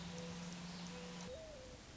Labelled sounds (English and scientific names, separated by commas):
Mourning Dove (Zenaida macroura)